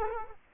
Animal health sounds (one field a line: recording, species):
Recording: mosquito wingbeat signal from an infrared sensor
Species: Culex quinquefasciatus